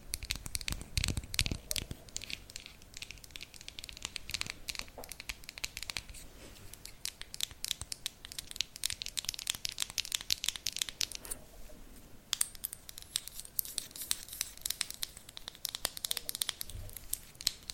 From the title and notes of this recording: ASMR Fast But Not Aggressive Tapping.